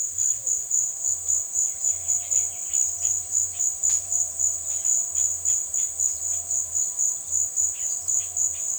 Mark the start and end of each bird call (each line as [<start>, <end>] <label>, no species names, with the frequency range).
[0.08, 0.47] bird call (1.1-5.1 kHz)
[1.61, 8.78] bird call (1.4-5.2 kHz)